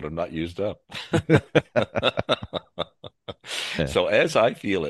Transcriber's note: laughs